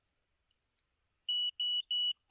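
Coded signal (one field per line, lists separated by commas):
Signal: beep code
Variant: Dogtra Pathfinder collar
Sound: brief faint high tone, then three short, evenly spaced, high-pitched electronic beeps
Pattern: 3 short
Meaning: The collar is paired and connected to the system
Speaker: It gives the 3 beeps. It's connected.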